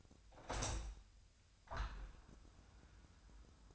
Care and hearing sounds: daily activity, microphone in the room; open window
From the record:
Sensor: 2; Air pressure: 1004.5 hPa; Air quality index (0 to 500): 71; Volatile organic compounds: 1 ppm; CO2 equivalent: 842 ppm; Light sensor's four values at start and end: 6/14/5/5 and 6/14/6/6

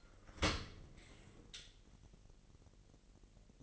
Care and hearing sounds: daily activity, microphone in the room; open dishwasher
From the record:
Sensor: 4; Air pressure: 1001.3 hPa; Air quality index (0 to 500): 248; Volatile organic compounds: 45 ppm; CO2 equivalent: 3227 ppm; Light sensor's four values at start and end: 8/18/7/6 and 7/16/6/6

